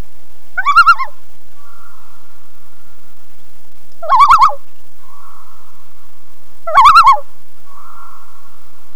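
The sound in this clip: Loon calling: three short, rapidly quavering laugh-like bursts a few seconds apart, with a faint steady tone between them.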